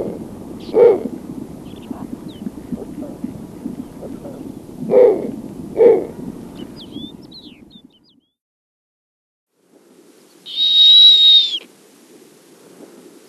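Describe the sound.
Snowy owl giving three low, short hoots over several seconds amid background noise, then, after a pause, a separate high, level whistled note.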